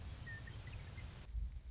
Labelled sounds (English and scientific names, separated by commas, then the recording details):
Western Meadowlark (Sturnella neglecta)
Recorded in Sonoma County, California